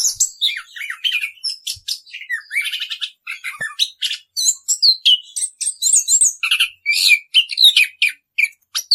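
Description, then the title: Orange-headed thrush song, a dense continuous medley of quick chirps, whistles and buzzy notes delivered in rapid bursts with short gaps. Song style called ngerol, a rolling continuous delivery; used as a masteran, a training recording for caged songbirds. "Anis Kembang 9. suara anis kembang ngerol"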